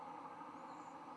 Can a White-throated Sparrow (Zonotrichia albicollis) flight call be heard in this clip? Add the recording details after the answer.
no. No flight call is heard. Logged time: 11:28 on 10 November 2014